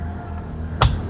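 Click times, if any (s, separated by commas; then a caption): 0.8 s. A driver airbag module is set back onto the steering wheel of a 2022 Toyota Vios XLE CVT during a cruise control installation and pressed down by hand. Over a low steady hum, a single sharp click sounds at 0.8 s as the module locks into place, and it is seated.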